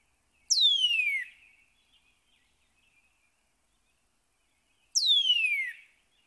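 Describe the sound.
Northern cardinal song: two clear down-slurred whistles about four seconds apart, each sweeping from high to low pitch.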